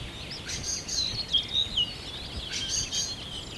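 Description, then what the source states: Birds: high twittering chorus of overlapping chirps and short whistled notes, with bursts of louder chattering, over a low noisy background. Birds at sunrise, early morning.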